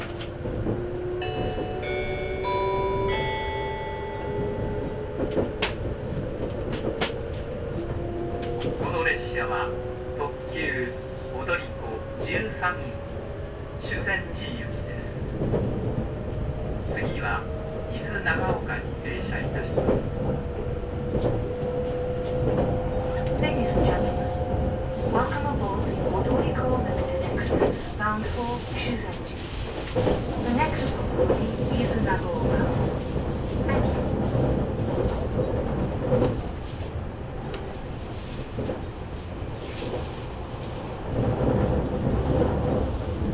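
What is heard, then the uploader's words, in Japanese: Inside the limited express Odoriko No. 13 on the Izuhakone Railway, heading from Daiba to Shuzenji. A steady low rumble of the moving train runs throughout, with a slowly rising motor whine in the first half and frequent clicks and clacks over the rails. 伊豆箱根鉄道 大場→修善寺 特急踊り子13号にて。単線区間なのでさほど速度は上がりませんが、行き違いのない棒線上の駅は軽やかにスルーしていきます。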